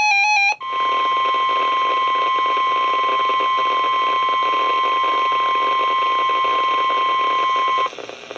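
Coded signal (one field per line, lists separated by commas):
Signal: Emergency Alert System (SAME) tones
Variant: 1050 Hz attention tone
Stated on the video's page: Real severe thunderstorm warning with EAS activation requested, issued by the National Weather Service.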